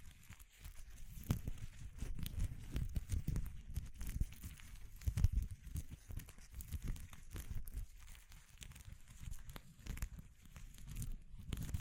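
Dense crinkling and tearing textures crackle continuously, with many sharp clicks, low rumbling handling noise, and brief louder bursts around five seconds.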